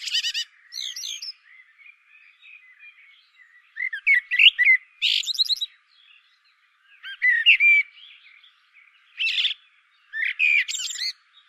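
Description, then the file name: Common blackbird singing repeated short phrases, mellow warbles each capped by a burst of high squeaky notes, with soft twittering between. "Turdus merula"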